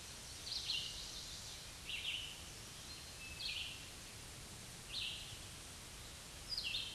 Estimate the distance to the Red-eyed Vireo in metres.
about 25 m